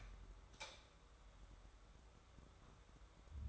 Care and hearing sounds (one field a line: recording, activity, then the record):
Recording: daily activity, microphone in the room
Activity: light off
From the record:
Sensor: 3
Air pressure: 1010.2 hPa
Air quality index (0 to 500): 168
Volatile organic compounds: 9 ppm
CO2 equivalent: 2196 ppm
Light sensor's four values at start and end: 51/127/56/62 and 49/122/54/59